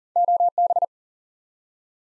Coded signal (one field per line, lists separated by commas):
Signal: Morse code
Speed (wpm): 40 wpm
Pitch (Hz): 700 Hz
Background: none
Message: OB